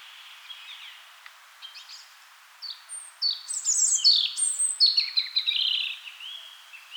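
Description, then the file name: European robin song: faint scratchy notes at first, then a bright, high cascade of warbled and trilled notes building over the last four seconds. "Erithacus rubecula"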